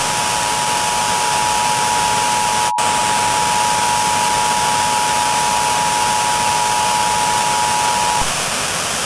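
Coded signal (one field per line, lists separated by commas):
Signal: Emergency Alert System (SAME) tones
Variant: 853 and 960 Hz attention tone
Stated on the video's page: Mock alert, not a real activation.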